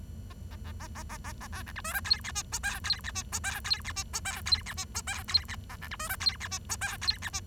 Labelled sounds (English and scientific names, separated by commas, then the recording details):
Bengalese Finch (Lonchura striata domestica) song
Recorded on 23 June 2012 at 10:46
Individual gr41rd51